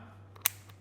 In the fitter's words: you hear it click into place. That thing's not going anywhere.